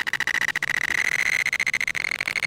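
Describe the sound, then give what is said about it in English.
A shrill scream sound effect holds one high, piercing pitch for about two and a half seconds, with a rapid fluttering stutter running through it. It is loud and steady, with no talking. “That's got to be, that's a hell of a scream.”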